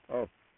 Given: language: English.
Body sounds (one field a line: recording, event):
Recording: throat vibration sensor signal played as sound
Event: speech